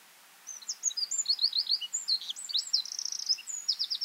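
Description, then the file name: Eurasian wren song: a fast, loud outpouring of high twittering notes and rattling trills lasting over three seconds without a break. "Troglodytes troglodytes"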